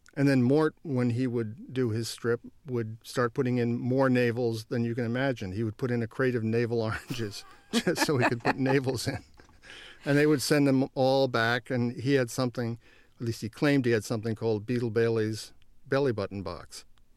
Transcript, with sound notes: And then Mort, when he would do his strip, would start putting in more navels than you can imagine. He would put in a crate of navel oranges.
(Laughter)
...Just so he could put navels in. And they would send them all back. And he had something - at least, he claimed he had something called "Beetle Bailey's" bellybutton box.